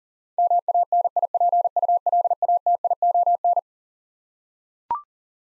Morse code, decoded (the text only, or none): MANIPULATION